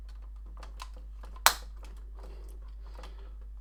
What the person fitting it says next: Oh, just had a really nice click then into place.